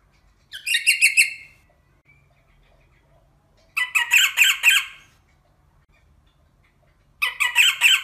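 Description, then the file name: Rosella giving three bursts of harsh, buzzy, rapidly repeated chattering notes, each lasting about a second, separated by quiet gaps. "Canto da Rosela"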